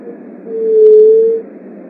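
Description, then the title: Leptotila dove uttering one mellow, flat, low-pitched coo about a second long against a quiet hissing background. "Juriti"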